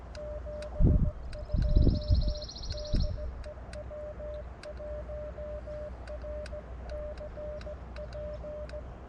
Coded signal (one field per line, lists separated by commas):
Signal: Morse code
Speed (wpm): 17 wpm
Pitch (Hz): 600 Hz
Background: none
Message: 72 DE W1RCP